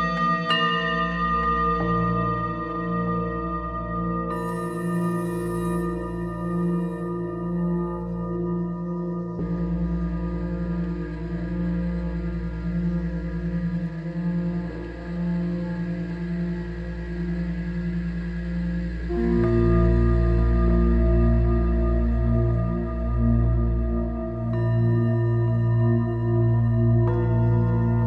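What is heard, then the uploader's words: Two singing bowl patches play together, A#2 and E3, as sustained ringing tones with a low hum and steady overtones. The texture shifts in sections, gaining a faint airy wash near 10 seconds and swelling louder from about 19 seconds onward. Two singing bowl patches (A#2 and E3) from the sound library Falcons Singles - Singing Bowls & Friends, switching articulations (beaten/bowed/rubbed/combined) with the installed key-switches, automating plenty of Macros in Logic X, no additional effects were used, 100% UVI Falcon.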